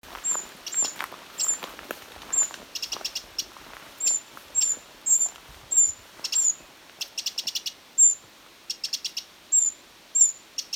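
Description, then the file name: Eurasian wren giving dry ticking calls, clusters of rapid clicks among short high whistled notes, repeated throughout. "Troglodytes troglodytes"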